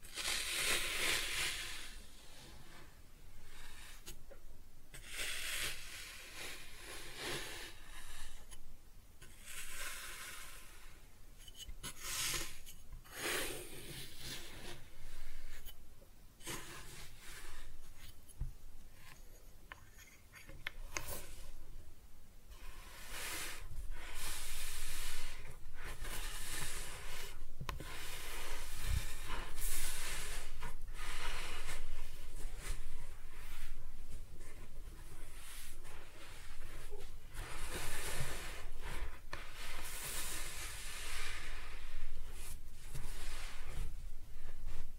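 Kinetic sand is cut and scooped in a steady run of soft, grainy hissing, with bright crumbly bursts arriving every second or two. The scraping grows denser and somewhat louder after about twenty seconds, and a low murmur sits underneath throughout.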